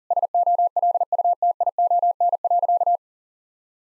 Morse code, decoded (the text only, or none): SOLUTION.